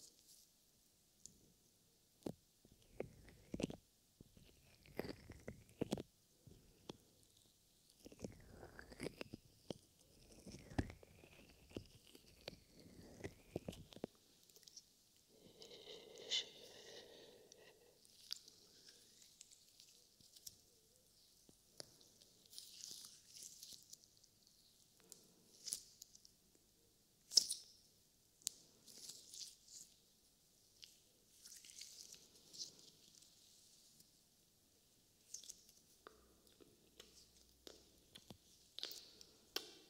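Wet, sticky squishing of slime, in short irregular bursts with clicks and pops. For the first fourteen seconds the squelches are fuller and heavier; after that they turn lighter and hissier, with crackly wet snaps scattered throughout and a sharp pop near twenty-seven seconds.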